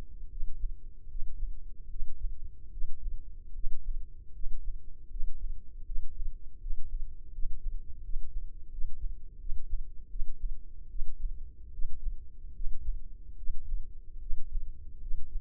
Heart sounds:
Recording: heart sounds by microphone in the right ear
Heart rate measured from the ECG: 78 bpm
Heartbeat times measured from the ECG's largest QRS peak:
0.30 s: heartbeat
1.08 s: heartbeat
1.89 s: heartbeat
2.71 s: heartbeat
3.53 s: heartbeat
4.33 s: heartbeat
5.10 s: heartbeat
5.85 s: heartbeat
6.60 s: heartbeat
7.32 s: heartbeat
8.03 s: heartbeat
8.71 s: heartbeat
9.39 s: heartbeat
10.09 s: heartbeat
10.89 s: heartbeat
11.72 s: heartbeat
12.54 s: heartbeat
13.37 s: heartbeat
14.20 s: heartbeat
15.00 s: heartbeat
From the record:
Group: healthy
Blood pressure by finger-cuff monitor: 134/79 mmHg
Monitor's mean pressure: 91 mmHg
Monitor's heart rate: 76 bpm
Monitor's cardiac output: 7.1 L/min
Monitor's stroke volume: 91 mL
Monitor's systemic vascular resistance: 950 dyn s/cm5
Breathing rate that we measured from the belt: 17 breaths a minute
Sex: male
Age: 19 years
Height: 178 cm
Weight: 83 kg

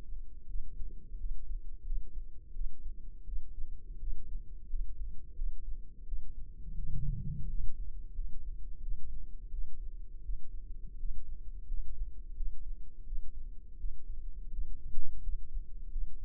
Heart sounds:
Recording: heart sounds by microphone in the left ear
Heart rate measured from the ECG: 86 bpm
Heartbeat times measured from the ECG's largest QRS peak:
0.46 s: heartbeat
1.17 s: heartbeat
1.83 s: heartbeat
2.52 s: heartbeat
3.25 s: heartbeat
3.98 s: heartbeat
4.67 s: heartbeat
5.35 s: heartbeat
6.04 s: heartbeat
6.75 s: heartbeat
7.46 s: heartbeat
8.12 s: heartbeat
8.79 s: heartbeat
9.50 s: heartbeat
10.21 s: heartbeat
10.96 s: heartbeat
11.65 s: heartbeat
12.33 s: heartbeat
13.04 s: heartbeat
13.76 s: heartbeat
14.49 s: heartbeat
15.20 s: heartbeat
15.89 s: heartbeat
From the record:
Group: healthy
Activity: rest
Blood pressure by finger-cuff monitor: 128/91 mmHg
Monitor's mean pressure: 102 mmHg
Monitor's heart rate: 86 bpm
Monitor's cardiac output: 6.1 L/min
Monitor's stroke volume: 71 mL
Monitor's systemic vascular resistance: 1260 dyn s/cm5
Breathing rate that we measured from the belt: 18 breaths a minute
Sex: male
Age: 21 years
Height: 180 cm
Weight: 67.5 kg

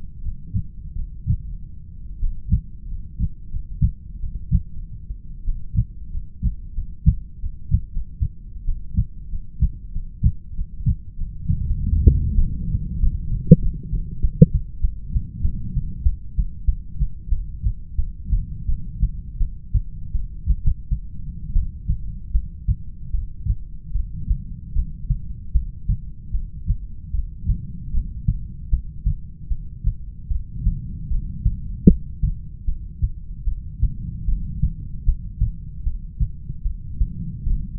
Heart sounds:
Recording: heart sounds by stethoscope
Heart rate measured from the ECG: 85 bpm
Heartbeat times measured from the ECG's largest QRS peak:
0.20 s: heartbeat
0.94 s: heartbeat
1.40 s: heartbeat
2.19 s: heartbeat
2.86 s: heartbeat
3.48 s: heartbeat
4.18 s: heartbeat
4.66 s: heartbeat
5.44 s: heartbeat
6.09 s: heartbeat
6.73 s: heartbeat
7.38 s: heartbeat
7.89 s: heartbeat
8.64 s: heartbeat
9.27 s: heartbeat
9.91 s: heartbeat
10.53 s: heartbeat
11.16 s: heartbeat
11.63 s: heartbeat
12.36 s: heartbeat
12.99 s: heartbeat
13.60 s: heartbeat
14.20 s: heartbeat
14.81 s: heartbeat
15.41 s: heartbeat
16.03 s: heartbeat
16.66 s: heartbeat
17.30 s: heartbeat
17.96 s: heartbeat
18.67 s: heartbeat
19.39 s: heartbeat
20.14 s: heartbeat
20.61 s: heartbeat
21.54 s: heartbeat
22.33 s: heartbeat
23.13 s: heartbeat
23.93 s: heartbeat
24.75 s: heartbeat
25.54 s: heartbeat
26.33 s: heartbeat
27.13 s: heartbeat
27.93 s: heartbeat
28.71 s: heartbeat
29.50 s: heartbeat
30.29 s: heartbeat
31.10 s: heartbeat
31.88 s: heartbeat
32.67 s: heartbeat
33.46 s: heartbeat
34.27 s: heartbeat
35.06 s: heartbeat
35.85 s: heartbeat
36.64 s: heartbeat
37.46 s: heartbeat
From the record:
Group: heart failure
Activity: breath hold 0-17 s, rest 17-38 s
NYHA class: 1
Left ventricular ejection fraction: 39%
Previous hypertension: present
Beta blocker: carvedilol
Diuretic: furosemide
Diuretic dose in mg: 20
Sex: male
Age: 60 years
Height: 178 cm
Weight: 62 kg

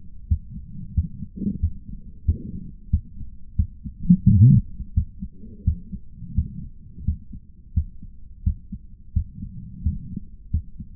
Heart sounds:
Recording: heart sounds by stethoscope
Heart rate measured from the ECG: 88 bpm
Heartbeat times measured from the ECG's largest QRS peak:
0.26 s: heartbeat
0.93 s: heartbeat
1.59 s: heartbeat
2.24 s: heartbeat
2.89 s: heartbeat
3.55 s: heartbeat
4.23 s: heartbeat
4.93 s: heartbeat
5.63 s: heartbeat
6.33 s: heartbeat
7.04 s: heartbeat
7.73 s: heartbeat
8.43 s: heartbeat
9.12 s: heartbeat
9.82 s: heartbeat
10.50 s: heartbeat
From the record:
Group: healthy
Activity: cold pressor test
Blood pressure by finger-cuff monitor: 137/84 mmHg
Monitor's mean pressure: 97 mmHg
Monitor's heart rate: 87 bpm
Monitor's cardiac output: 7.7 L/min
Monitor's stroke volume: 87 mL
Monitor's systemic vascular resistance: 920 dyn s/cm5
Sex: male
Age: 57 years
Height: 188 cm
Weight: 106 kg

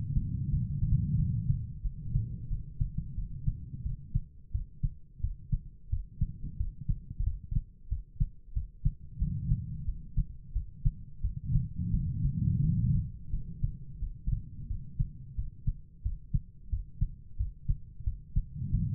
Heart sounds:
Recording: heart sounds by stethoscope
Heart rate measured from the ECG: 89 bpm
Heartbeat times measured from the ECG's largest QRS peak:
0.49 s: heartbeat
1.15 s: heartbeat
1.81 s: heartbeat
2.47 s: heartbeat
3.14 s: heartbeat
3.82 s: heartbeat
4.51 s: heartbeat
5.20 s: heartbeat
5.89 s: heartbeat
6.56 s: heartbeat
7.23 s: heartbeat
7.88 s: heartbeat
8.52 s: heartbeat
9.17 s: heartbeat
9.84 s: heartbeat
10.52 s: heartbeat
11.20 s: heartbeat
11.90 s: heartbeat
12.60 s: heartbeat
13.29 s: heartbeat
13.98 s: heartbeat
14.67 s: heartbeat
15.34 s: heartbeat
16.02 s: heartbeat
16.69 s: heartbeat
17.36 s: heartbeat
18.03 s: heartbeat
18.70 s: heartbeat
From the record:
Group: healthy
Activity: cold pressor test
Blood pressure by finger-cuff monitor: 116/71 mmHg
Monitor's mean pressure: 87 mmHg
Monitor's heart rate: 89 bpm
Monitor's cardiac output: 6.6 L/min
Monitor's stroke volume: 73 mL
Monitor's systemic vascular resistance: 960 dyn s/cm5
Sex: female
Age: 43 years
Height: 160 cm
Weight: 90 kg

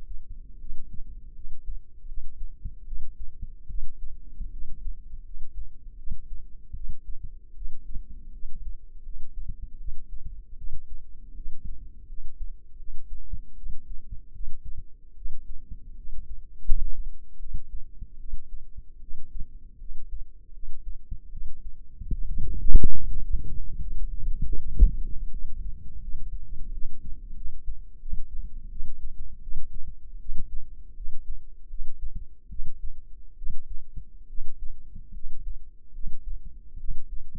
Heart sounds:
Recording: heart sounds by microphone in the left ear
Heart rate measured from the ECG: 78 bpm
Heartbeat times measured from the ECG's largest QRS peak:
0.59 s: heartbeat
1.34 s: heartbeat
2.06 s: heartbeat
2.85 s: heartbeat
3.67 s: heartbeat
4.51 s: heartbeat
5.23 s: heartbeat
5.96 s: heartbeat
6.73 s: heartbeat
7.54 s: heartbeat
8.32 s: heartbeat
9.03 s: heartbeat
9.77 s: heartbeat
10.56 s: heartbeat
11.35 s: heartbeat
12.07 s: heartbeat
12.77 s: heartbeat
13.55 s: heartbeat
14.32 s: heartbeat
15.14 s: heartbeat
15.95 s: heartbeat
16.64 s: heartbeat
17.38 s: heartbeat
18.17 s: heartbeat
19.00 s: heartbeat
19.78 s: heartbeat
20.52 s: heartbeat
21.30 s: heartbeat
22.10 s: heartbeat
22.93 s: heartbeat
23.79 s: heartbeat
24.56 s: heartbeat
25.30 s: heartbeat
26.00 s: heartbeat
26.71 s: heartbeat
27.35 s: heartbeat
27.99 s: heartbeat
28.69 s: heartbeat
29.40 s: heartbeat
30.18 s: heartbeat
30.94 s: heartbeat
31.68 s: heartbeat
32.48 s: heartbeat
33.35 s: heartbeat
34.27 s: heartbeat
35.12 s: heartbeat
35.92 s: heartbeat
36.77 s: heartbeat
From the record:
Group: healthy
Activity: rest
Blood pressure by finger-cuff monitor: 114/76 mmHg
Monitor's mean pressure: 89 mmHg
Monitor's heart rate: 78 bpm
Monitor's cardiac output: 6.1 L/min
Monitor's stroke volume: 78 mL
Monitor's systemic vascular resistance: 1030 dyn s/cm5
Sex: female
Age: 22 years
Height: 160 cm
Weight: 45 kg

